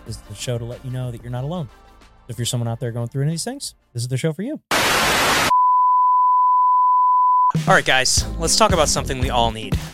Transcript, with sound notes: Is it the show to let you know that you're not alone? If you're someone out there going through any things, is it the show for you? (car crash) All right guys, let's talk about something we all need.